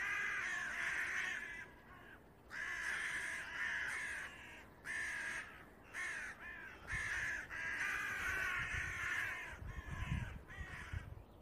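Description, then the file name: Carrion crow giving harsh, grating caws in several separate bursts with short gaps, over a low rumbling background. "Corvus corone"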